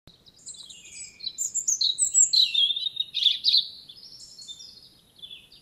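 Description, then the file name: European robin delivering a continuous, varied song of high sliding whistles and rapid trilled notes, louder through the middle before fading. "Erithacus rubecula"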